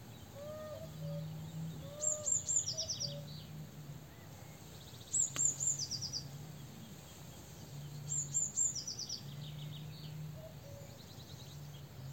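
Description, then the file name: Eurasian blue tit giving high, thin triple notes that run into a buzzy scolding trill, repeated three times roughly every three seconds over faint lower whistled notes and a steady low hum. "Cyanistes caeruleus"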